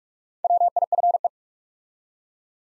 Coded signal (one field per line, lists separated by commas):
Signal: Morse code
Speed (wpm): 46 wpm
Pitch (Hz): 700 Hz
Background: none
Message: WIFE